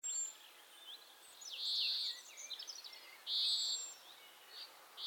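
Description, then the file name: European greenfinch calls: two long flat buzzy wheezes separated by scattered quick chirps and twitters, with a faint hiss behind. "Chloris chloris"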